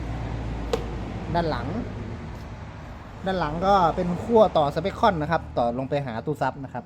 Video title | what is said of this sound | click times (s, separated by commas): ชุดฟังในบ้านซับ10"145 12900บาท | ล็อคนะครับิ๊กล็อ2ฝั่ง | 0.7 s